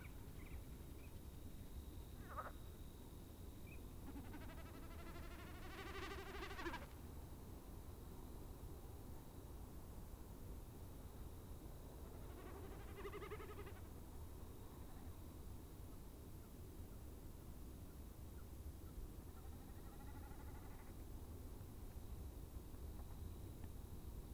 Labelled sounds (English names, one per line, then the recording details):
Common Snipe
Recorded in the wild
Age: adult
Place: Gartz (Oder), Nationalpark Unteres Odertal, Brandenburg, DE
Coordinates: 53.13, 14.3552
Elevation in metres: 1
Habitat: wetland
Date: 2016-04-21 23:21
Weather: clear, 8°C, almost windless
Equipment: Sound Devices 702, Sennheiser MKH 70, Rycote Windschutz
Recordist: Frommolt, Karl-Heinz